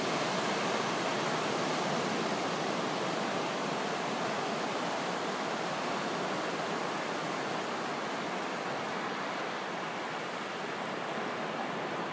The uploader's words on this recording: Pacific Ocean, Olympic Peninsula. This is two minutes of audio captured along the coast of the Olympic Peninsula in August of 2015. Nothing fancy, just some soothing ocean waves, wind, and quiet.